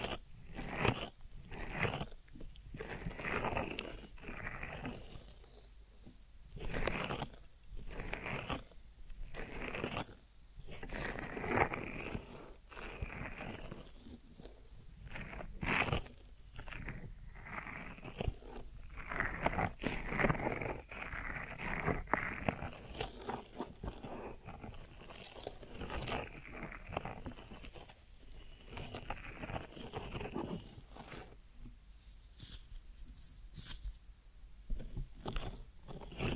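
Deep ear massage with dense, crackly rubbing and scratching that comes in quick strokes and short bursts for the whole 36 seconds. Sharp clicks and crinkles punctuate the texture, with a few brief quieter gaps around 6, 28 and 32 seconds.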